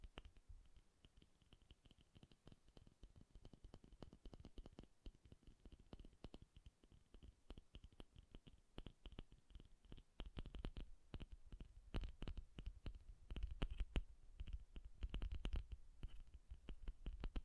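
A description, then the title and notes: Soft, bassy tapping runs throughout in quick, uneven bursts, dense and irregular like fingertips drumming. The taps stay mostly low and muffled with faint clicky edges, growing louder and busier after about ten seconds. A faint steady tone hums underneath. ASMR Bassy and Soft Tapping Sounds.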